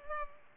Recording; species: mosquito wingbeat signal from an infrared sensor; Culex pipiens